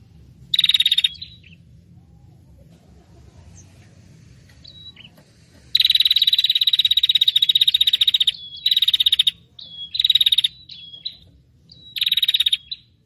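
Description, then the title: Prinia giving high, fast chattering bursts; one long rattle of rapid ticks runs about two and a half seconds, with shorter bursts and thin whistled notes between. Prinia noisy call ('prenjak ribut') used as a lure for trapping prinias, aimed at 'prenjak kepala merah' and 'prenjak tamu'. "Suara Prenjak Ribut Pikat Burung Prenjak Kepala Merah Prenjak Tamu"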